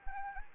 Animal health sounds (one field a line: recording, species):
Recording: mosquito wingbeat signal from an infrared sensor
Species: Anopheles arabiensis